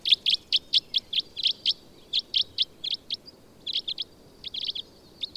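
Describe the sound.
Bird song made of rapid high chips delivered in steady runs, a short gap, then further quick clusters of bright notes.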